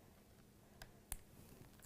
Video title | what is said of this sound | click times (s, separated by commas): JewelleryMaker LIVE 31/12/15 12PM - 4PM | you little click okay | 1.1 s